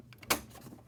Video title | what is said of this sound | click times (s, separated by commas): How To Fix a Gaggia Titanium Steam Knob | and it snaps and it snaps back in there okay that keeps the knob from moving around now okay | 0.3 s